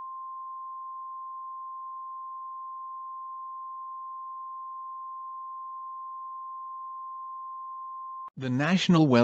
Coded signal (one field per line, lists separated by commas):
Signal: Emergency Alert System (SAME) tones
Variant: 853 and 960 Hz attention tone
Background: speech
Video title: Emergency Alert System Tornado Warning For St Louis Missouri